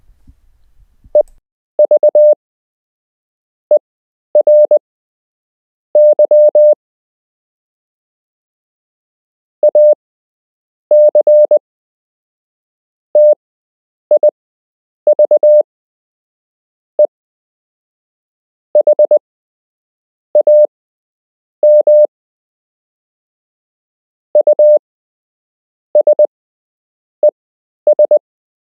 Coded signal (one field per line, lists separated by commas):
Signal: Morse code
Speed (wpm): 20 wpm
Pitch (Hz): 600 Hz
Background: none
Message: EVERY ACTIVE HAM USES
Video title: You can learn Morse code - Part 6